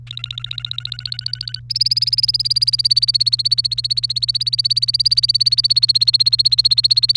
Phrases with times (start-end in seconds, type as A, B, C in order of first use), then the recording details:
0.07-1.60 A, 1.70-7.17 B. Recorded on 1 May 2018 at 11:29. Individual llb3